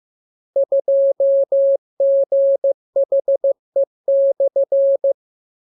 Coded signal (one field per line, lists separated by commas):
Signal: Morse code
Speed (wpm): 15 wpm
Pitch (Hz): 550 Hz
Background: none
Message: 2GHE/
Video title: Learning Morse Code. Lesson 28. Letter KMURESNAPTLWI.JZ=FOY,VG5/Q92H